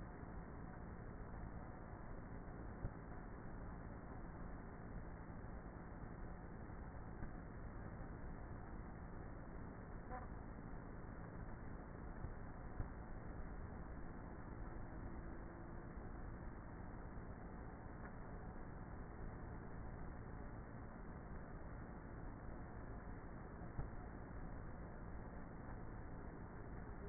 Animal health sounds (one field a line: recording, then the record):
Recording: honeybee colony, microphone inside the hive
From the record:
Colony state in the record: queenless with a low population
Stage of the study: before two queens were removed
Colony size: about 30,000 bees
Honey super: no